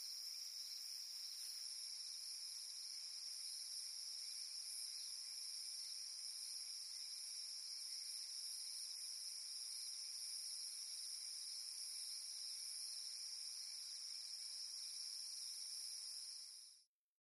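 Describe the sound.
Cicada sings a constant high sizzling buzz that stops abruptly near the end, leaving silence.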